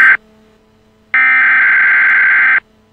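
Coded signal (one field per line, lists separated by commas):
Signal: Emergency Alert System (SAME) tones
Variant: header bursts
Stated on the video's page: Fictional EAS scenario based on SCP-096, made with an EAS simulator.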